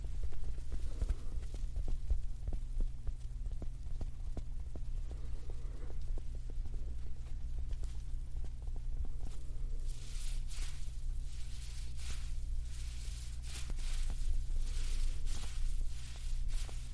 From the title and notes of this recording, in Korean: ASMR 퍼프 탭핑과 터칭 가득.